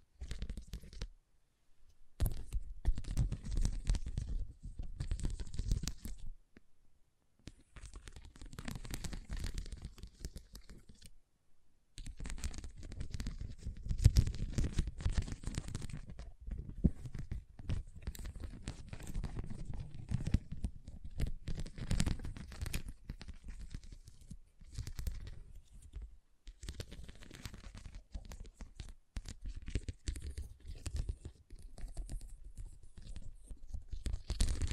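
Scratching and tracing with rough, papery strokes that come in dense bursts of a few seconds each, separated by brief silences near 2, 7 and 11 seconds. The texture is grainy and crinkly, with a low rumble under the strokes and hiss reaching high.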